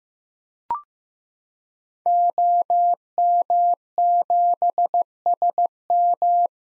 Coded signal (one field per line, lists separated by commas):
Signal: Morse code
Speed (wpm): 15 wpm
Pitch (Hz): 700 Hz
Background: none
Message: OM7SM